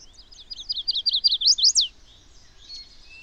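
Bird song, a rapid series of high sweeping notes that rise and grow louder, ending in a sharp upward flourish, followed by faint chirps.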